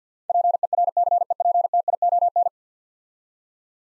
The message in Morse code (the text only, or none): PERCEPTION